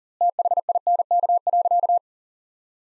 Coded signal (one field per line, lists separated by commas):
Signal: Morse code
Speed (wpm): 40 wpm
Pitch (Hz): 700 Hz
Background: none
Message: THINK.